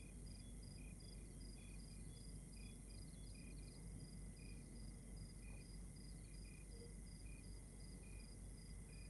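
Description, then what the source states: Crickets chirp in a fast, steady pulse of short high notes, with a sustained thin tone behind them and a low rumbling wash underneath. Exterior night ambience recorded in Rwanda.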